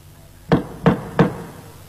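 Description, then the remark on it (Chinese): Three firm knocks on the door at the mouth of the Black Wind Cave, made by Sun Wukong disguised as an old monk calling to be let in, evenly spaced about a third of a second apart, each a dull low thud with a sharp attack, over a quiet background with no talking. “开门，开门，”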